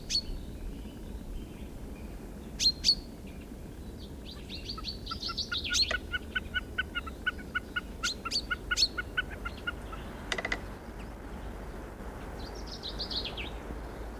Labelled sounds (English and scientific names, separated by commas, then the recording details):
Common Snipe (Gallinago gallinago) song
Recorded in the wild
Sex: group
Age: adult
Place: Wullwinkel, Brandenburg, DE
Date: 1967-03-26
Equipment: Nagra III BH
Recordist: Schubert, Michael
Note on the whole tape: Balz auf einer Altkiefer